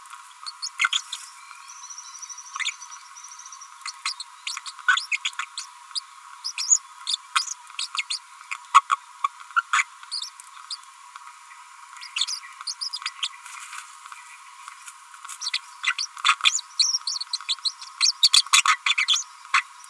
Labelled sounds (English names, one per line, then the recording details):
Green-rumped Parrotlet babbling
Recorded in a nest box in Venezuela
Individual 18B25A5